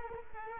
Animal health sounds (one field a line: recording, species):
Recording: mosquito wingbeat signal from an infrared sensor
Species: Culex quinquefasciatus